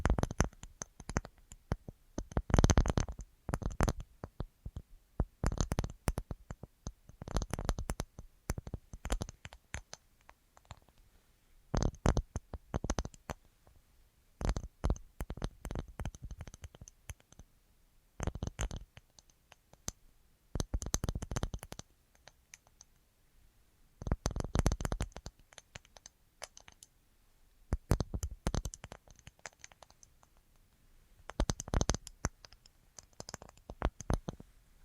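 Quick bursts of crisp tapping and clicking arrive every second or two, short bright clusters with quiet gaps between, plus faint scratchy sounds.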